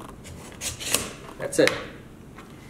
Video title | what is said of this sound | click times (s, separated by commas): Benro FH100M2 Filter Holder Kit Demonstration - PROGEAR | you can tell it locks into place it doesn't go any further | 1.0 s